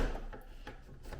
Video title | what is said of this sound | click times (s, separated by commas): How to embroider on a PFAFF Creative 1.5 Sewing and Embroidery Machine | and that's in and secure and it should click into place | 0.7 s